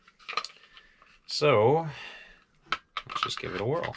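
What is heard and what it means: Someone talks while a small compact M&P Shield Plus pistol is handled at an adjustable polymer universal outside-the-waistband holster, with faint handling ticks near 0.4 s and a sharp tap at 2.7 s. The clip ends before the pistol goes in, so nothing has seated or clicked into the holster retention yet.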